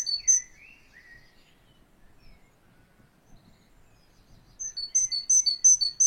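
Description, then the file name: Great tit song: a few notes at first, then after a lull a fast, even series of clear two-note phrases, high and lower alternating. "Canto do chapins real"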